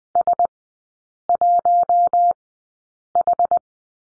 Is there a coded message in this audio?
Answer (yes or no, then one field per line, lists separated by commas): yes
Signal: Morse code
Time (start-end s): 0.2-3.6 s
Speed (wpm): 20 wpm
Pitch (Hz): 700 Hz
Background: none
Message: S1H